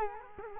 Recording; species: mosquito wingbeat signal from an infrared sensor; Culex quinquefasciatus